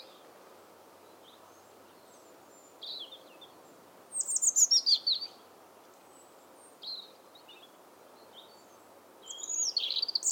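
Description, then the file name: European robin song: varied high, thin warbled phrases with sliding notes, loudest burst midway, separated by pauses of a few seconds, over steady background noise. "Erithacus rubecula"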